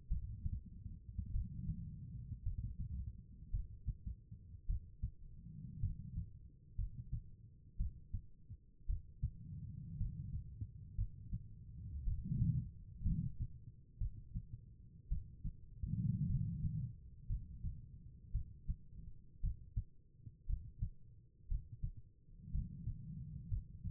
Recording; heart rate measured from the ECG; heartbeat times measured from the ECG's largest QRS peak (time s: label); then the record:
heart sounds by stethoscope; 56 bpm
0.08 s: heartbeat
1.32 s: heartbeat
2.43 s: heartbeat
3.51 s: heartbeat
4.66 s: heartbeat
5.80 s: heartbeat
6.76 s: heartbeat
7.77 s: heartbeat
8.86 s: heartbeat
9.98 s: heartbeat
10.96 s: heartbeat
12.04 s: heartbeat
13.03 s: heartbeat
13.98 s: heartbeat
15.09 s: heartbeat
16.27 s: heartbeat
17.27 s: heartbeat
18.32 s: heartbeat
19.41 s: heartbeat
20.47 s: heartbeat
21.48 s: heartbeat
22.52 s: heartbeat
23.49 s: heartbeat
From the record:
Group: healthy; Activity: rest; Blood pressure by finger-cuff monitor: 92/53 mmHg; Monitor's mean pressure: 65 mmHg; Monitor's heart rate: 56 bpm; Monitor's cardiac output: 4.8 L/min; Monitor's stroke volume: 87 mL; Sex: female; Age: 36 years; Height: 163 cm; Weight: 88 kg